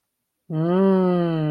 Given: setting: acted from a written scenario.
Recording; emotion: vocal sound without words; realization